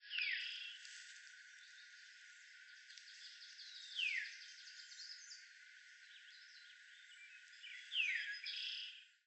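Veery calls: loud, sharply descending slurred notes, one at the start and then about every four seconds, over faint high chirping in the background.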